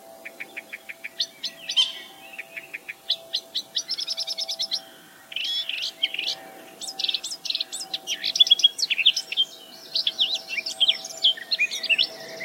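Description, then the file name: Eurasian blackcap song opening with a run of evenly repeated short notes, then building into loud, rich warbling with fluty whistles, over a faint background hum. "Sylvia atricapilla"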